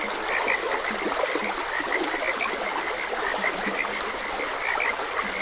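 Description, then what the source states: Frog chorus of short repeated croaks, with a few lower grunting notes, set against steady trickling water. Frogs croaking beside a gentle stream.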